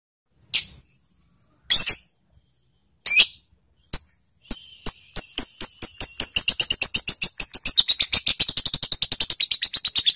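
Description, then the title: Lovebird: a few separate sharp shrieks spaced over four seconds, then a quickening burst of harsh high chips building into a continuous rapid chatter. Long ngekek (continuous chattering) song, used to train lovebirds. "JAMIN NGEKEK!! MASTERAN LOVEBIRD BALIBU DURASI."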